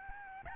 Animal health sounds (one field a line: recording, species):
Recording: mosquito wingbeat signal from an infrared sensor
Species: Aedes albopictus